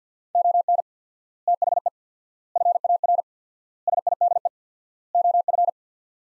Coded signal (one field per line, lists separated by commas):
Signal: Morse code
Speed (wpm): 50 wpm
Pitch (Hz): 700 Hz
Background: none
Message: ON THE FAR SIDE OF